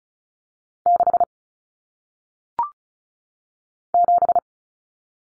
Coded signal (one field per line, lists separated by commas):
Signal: Morse code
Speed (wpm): 36 wpm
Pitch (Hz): 700 Hz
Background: none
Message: 6 7